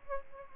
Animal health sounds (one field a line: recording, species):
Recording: mosquito wingbeat signal from an infrared sensor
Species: Aedes albopictus